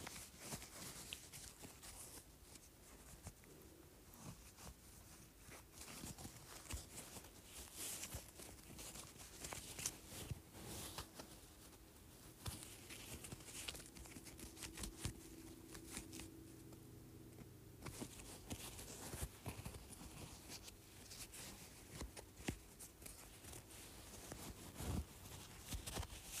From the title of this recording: ASMR Felt Circle